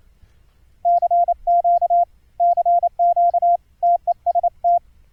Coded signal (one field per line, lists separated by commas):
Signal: Morse code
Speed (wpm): 29 wpm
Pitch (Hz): 690 Hz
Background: radio noise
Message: CQ CQ TEST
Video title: Morse Code QSO over the internet - software setup - config 7 - Jackrouter ( sidetone )